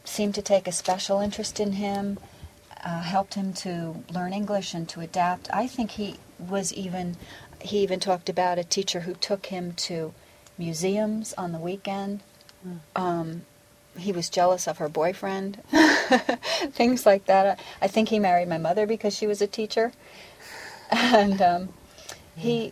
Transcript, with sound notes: seemed to take a special interest in him, helped him to learn English and to adapt—I think he was even - he even talked about a teacher who took him to museums on the weekend. He was jealous of her boyfriend. (laughs) Things like that—I think he married my mother because she was a teacher. (laughs) And he -